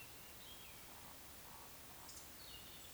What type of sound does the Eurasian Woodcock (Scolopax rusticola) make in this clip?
whistle, croak